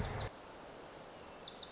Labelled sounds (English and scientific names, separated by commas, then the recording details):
Wilson's Warbler (Cardellina pusilla)
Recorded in Sonoma County, California